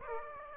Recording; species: mosquito wingbeat signal from an infrared sensor; Aedes aegypti